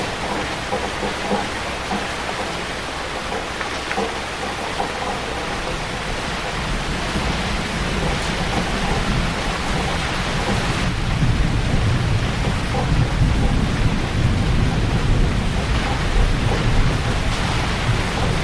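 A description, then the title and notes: Rain patters densely and steadily on a wooden roof, an even hiss that fills everything from low to bright. Partway through, around ten seconds in, a deep rumble of distant thunder swells underneath and the sound grows fuller and louder to the end. Rain on a Wooden Roof in Malaysia.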